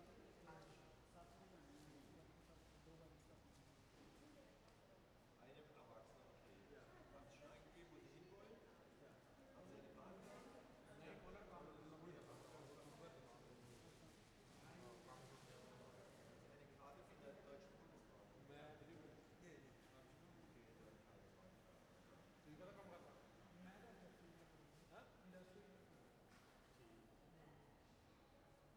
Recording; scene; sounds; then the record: everyday scene through a hearing-aid microphone; reverberant space; background noise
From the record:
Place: railway station hall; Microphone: behind the ear, left, front